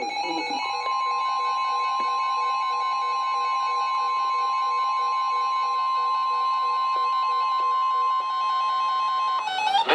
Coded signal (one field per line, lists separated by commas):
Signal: Emergency Alert System (SAME) tones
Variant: 1050 Hz attention tone